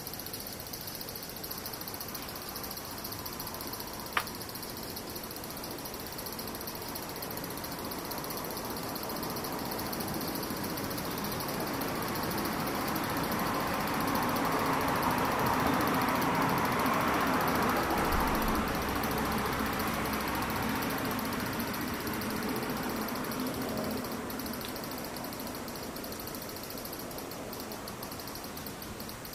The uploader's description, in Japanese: セミ